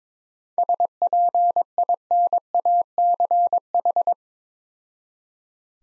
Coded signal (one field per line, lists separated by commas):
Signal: Morse code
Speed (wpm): 22 wpm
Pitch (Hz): 700 Hz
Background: none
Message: SPINACH